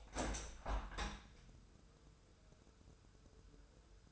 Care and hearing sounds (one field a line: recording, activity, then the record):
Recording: daily activity, microphone in the room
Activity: open window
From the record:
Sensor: 2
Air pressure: 1014.8 hPa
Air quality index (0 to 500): 27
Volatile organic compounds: 1 ppm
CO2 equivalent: 512 ppm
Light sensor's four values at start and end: 8/20/8/8 and 8/20/8/8